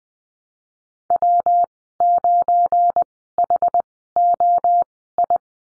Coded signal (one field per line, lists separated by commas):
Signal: Morse code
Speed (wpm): 19 wpm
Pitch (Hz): 700 Hz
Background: none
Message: W9HOI